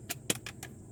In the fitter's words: It will make a click sound and it is fixed.